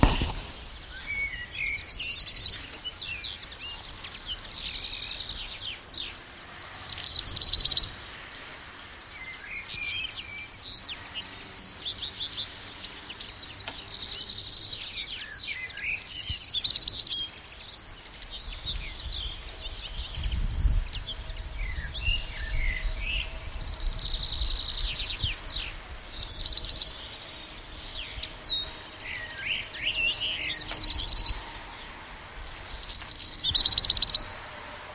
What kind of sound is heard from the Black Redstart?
song